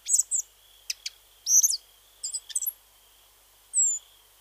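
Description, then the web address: Spotted flycatcher singing sharp, high-pitched squeaks and clipped ticks in scattered bursts, ending with a drawn-out thin whistle; a faint continuous high tone runs underneath. "Schulze Peter Spotted Flycatcher song"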